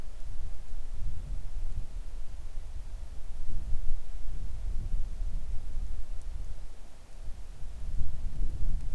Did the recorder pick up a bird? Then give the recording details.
no. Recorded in the Arctic National Wildlife Refuge, Alaska, on 3 August 2019 at 10:24. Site 41